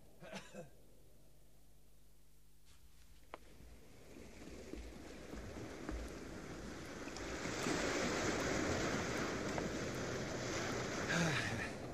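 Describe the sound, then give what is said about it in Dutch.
Waves break against the coast of an island in a continuous rushing roar that swells louder through the second half, with a faint low hum briefly audible near the start. “We gaan naar de kust en proberen een boot te vinden.”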